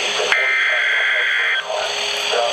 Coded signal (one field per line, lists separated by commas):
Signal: Emergency Alert System (SAME) tones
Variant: header bursts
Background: speech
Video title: (5 EAS Alerts!) 2 TORNADO WARNINGS + 3 SVRs (EAS #519-524)